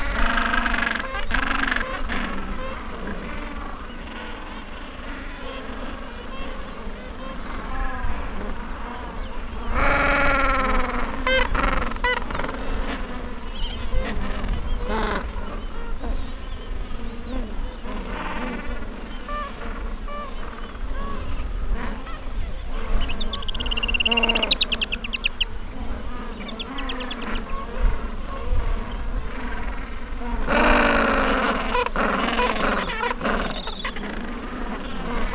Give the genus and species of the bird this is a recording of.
Pygoscelis papua